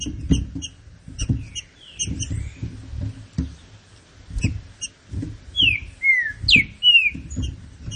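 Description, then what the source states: Green-winged saltator: a loud phrase of sweeping whistles near the end, after softer whistled notes. Low thumping and high ticks recur throughout. Classic song style (canto clássico) of the trinca-ferro, presented as a song for training.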